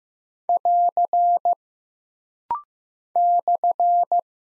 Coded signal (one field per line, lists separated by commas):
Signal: Morse code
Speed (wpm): 15 wpm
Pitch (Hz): 700 Hz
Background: none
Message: <AR> /